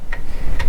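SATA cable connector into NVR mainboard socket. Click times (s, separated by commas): 0.1 s, 0.6 s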